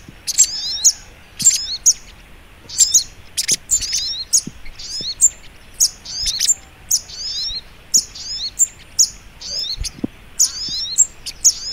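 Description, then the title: Little spiderhunter song of sharp, high-pitched chips and thin slurred notes, repeated phrase after phrase through the whole stretch, with a few faint low clicks. Training recording (masteran) of sogok ontong labaik. "Masteran Burung Sogok Ontong Labaik"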